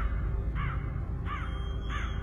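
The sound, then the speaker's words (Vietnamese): Three harsh, raspy crow caws ring out at a steady pace over a low rumbling background, each call short and nasal with a slightly descending tone. “Tiếng quạ kêu, tiếng gào thét làm cho đầu óc của bà quay cuồng.”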